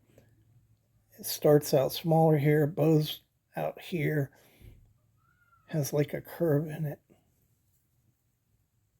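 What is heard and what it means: A blade on a folding slipjoint pocketknife is handled at its handle while someone talks, with a faint tick near 0.2 s and a quiet room otherwise. The blade has not yet snapped back into position under its backspring; nothing has seated yet.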